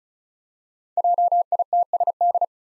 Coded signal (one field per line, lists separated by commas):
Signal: Morse code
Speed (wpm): 36 wpm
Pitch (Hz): 700 Hz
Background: none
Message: JITSD